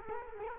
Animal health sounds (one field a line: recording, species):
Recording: mosquito wingbeat signal from an infrared sensor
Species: Culex quinquefasciatus